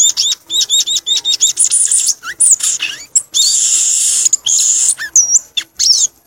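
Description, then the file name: Violaceous euphonia song opening with a fast run of repeated paired notes, then a chattering stream of buzzes, slurred whistles and high squeaks. "canto do gaturamo verdadeiro"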